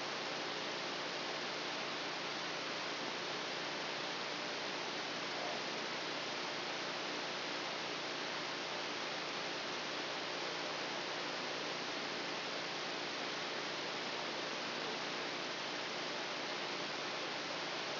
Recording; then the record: brain microelectrode recording played as sound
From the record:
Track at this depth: outside the subthalamic nucleus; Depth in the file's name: 5.505 mm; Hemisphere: left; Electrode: 2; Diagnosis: Parkinson's disease